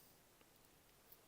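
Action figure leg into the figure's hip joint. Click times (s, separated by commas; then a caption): 1.1 s. A second plastic action figure leg, lined up with the leg muscle on the inside, is pushed into the figure's hip joint. Against a quiet background, a soft click at 1.1 s marks the leg popping into place and seating.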